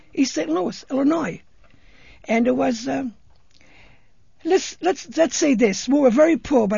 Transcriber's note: none